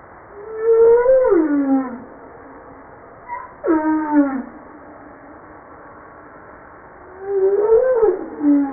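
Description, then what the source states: Humpback whale calls: three harmonic cries, arching up then falling, one starting high and dropping steeply, spaced several seconds apart. From a 2013 JASA publication.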